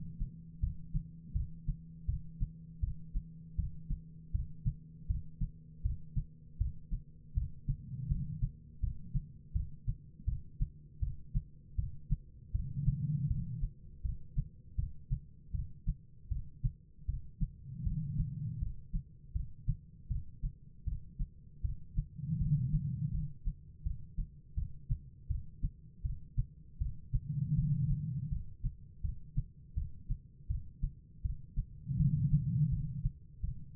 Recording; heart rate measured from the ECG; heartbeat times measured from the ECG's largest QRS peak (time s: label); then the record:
heart sounds by stethoscope; 80 bpm
0.60 s: heartbeat
1.33 s: heartbeat
2.06 s: heartbeat
2.80 s: heartbeat
3.56 s: heartbeat
4.32 s: heartbeat
5.07 s: heartbeat
5.82 s: heartbeat
6.58 s: heartbeat
7.34 s: heartbeat
8.08 s: heartbeat
8.80 s: heartbeat
9.53 s: heartbeat
10.25 s: heartbeat
11.00 s: heartbeat
11.76 s: heartbeat
12.52 s: heartbeat
13.28 s: heartbeat
14.02 s: heartbeat
14.76 s: heartbeat
15.52 s: heartbeat
16.29 s: heartbeat
17.06 s: heartbeat
17.84 s: heartbeat
18.59 s: heartbeat
19.33 s: heartbeat
20.08 s: heartbeat
20.85 s: heartbeat
21.62 s: heartbeat
22.38 s: heartbeat
23.11 s: heartbeat
23.83 s: heartbeat
24.55 s: heartbeat
25.28 s: heartbeat
26.03 s: heartbeat
26.79 s: heartbeat
27.55 s: heartbeat
28.29 s: heartbeat
29.02 s: heartbeat
29.75 s: heartbeat
30.48 s: heartbeat
31.22 s: heartbeat
31.97 s: heartbeat
32.70 s: heartbeat
33.41 s: heartbeat
From the record:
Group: healthy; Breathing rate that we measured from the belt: 12 breaths a minute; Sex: female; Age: 51 years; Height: 162 cm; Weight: 70.04 kg